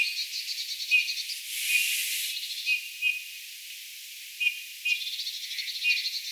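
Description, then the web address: Eurasian bullfinch giving brief whistles at irregular intervals, with bursts of high chattering trills and a short hissing burst early on. Calling, recorded 13 October 2024. "13 10 2024 punatulkku aantelee"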